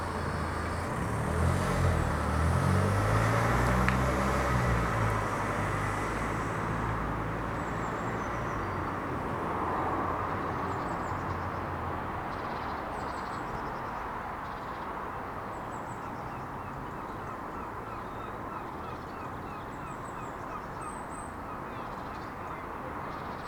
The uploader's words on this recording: Christmas day morning. Captured in a quite city suburb early on Christmas morning.